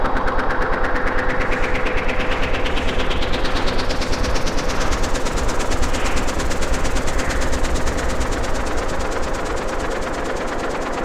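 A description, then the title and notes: Analogue synth noise roars steadily, thick and dense, with a fast, even chugging flutter running through it like a train or engine. A bright hiss sweeps upward over the first six seconds and then thins out, while a faint steady mid tone hums underneath. Some AE_modular Analogue Noise. 5 layers of AE_modular, just exploring some sounds. AE_mod only, plus some VST FX.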